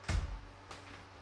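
A plastic TV stand foot is held against the back of a 2021 LG UP8000 UHD 4K television, its tab being lined up with the hole in the mounting groove before it is twisted to lock. A low, heavy handling bump comes at about 0.1 s, followed by a fainter contact at about 0.7 s. Nothing has seated or clicked yet; the foot is only lined up.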